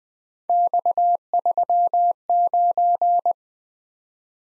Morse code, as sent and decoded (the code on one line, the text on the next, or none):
-..- ...-- ----.
X39